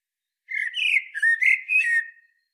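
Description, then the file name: Common blackbird giving a single rich whistled phrase of several fluting notes, rising and falling, trailing off in a soft twitter. Nothing else is heard. "Turdus merula"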